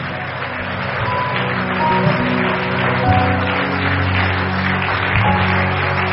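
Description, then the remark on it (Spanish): An audience applauds the Lord in a dense, steady wash of clapping that lasts the whole stretch, with sustained low musical tones humming underneath. “Dele ese aplauso al Señor con todo el corazón.”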